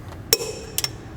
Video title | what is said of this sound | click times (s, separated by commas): Getting Started: Wheel Fasteners Overview | I hit the torque I should hear a click like that and now I move on | 0.3 s